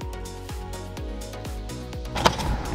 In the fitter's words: Snapped in place.